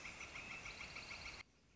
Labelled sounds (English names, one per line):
Northern Flicker